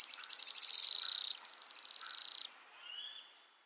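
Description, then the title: Araucaria tit-spinetail song: very high, rapid trill of dense repeated notes that stops abruptly after about two and a half seconds, followed by a faint fading note. "LuckyPassaro Completos2Sama. Araucaria Tit-Spinetail (Leptasthenura setaria)"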